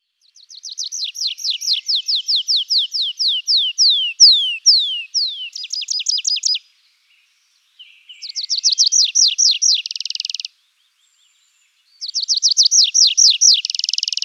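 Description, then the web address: Tree pipit song: a long run of descending notes that grows louder, then a buzzy trill, followed by two more repeated-note phrases after brief silences. "birdify. anthus trivialis"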